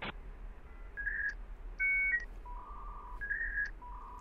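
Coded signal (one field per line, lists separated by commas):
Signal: dial-up modem handshake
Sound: brief steady tones and a two-note chord, then alternating low and high warbling electronic tones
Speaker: If you're old enough to remember this noise-- [DIAL-UP MODEM SOUNDS] --then you're probably feeling that nostalgia right now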